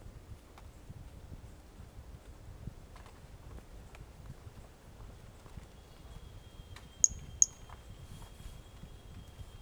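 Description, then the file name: Pumpkin toadlet giving two short, sharp high chirps in rapid succession, while a thin steady high whine runs in the background with low rumble. Individual 05 recorded 18 January 2018; first note of the call missing; animal not collected. "Brachycephalus mirissimus 18 jan 2018 individual 05 ex 01 fist note missing L F Ribeiro not collected"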